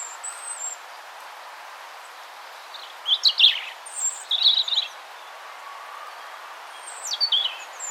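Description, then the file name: European robin giving a few sparse, high phrases of scratchy twitters and descending thin whistles, with long quiet stretches between them. "Erithacus rubecula"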